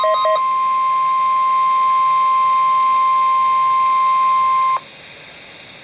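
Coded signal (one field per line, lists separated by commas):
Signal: Emergency Alert System (SAME) tones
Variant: 1050 Hz attention tone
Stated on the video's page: Failed NWS Chicago EAS test: headers sent, then only silence followed.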